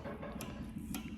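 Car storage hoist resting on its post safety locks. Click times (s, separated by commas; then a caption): 0.4 s, 0.9 s. A car storage hoist carrying a Mustang settles down onto the steel safety locks on its posts, giving two quiet, sharp clicks at 0.4 s and 0.9 s over a steady low hum. The hoist ends up seated on its locks.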